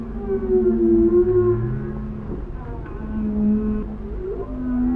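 Whale song: drawn-out low moans and a rising swoop, with sustained tonal notes and a brief pulse in the middle.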